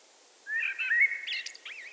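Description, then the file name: Eurasian blackbird giving a short warbled phrase of mellow whistles, followed by quick high chirps and a wavering thin note. "Turdus merula"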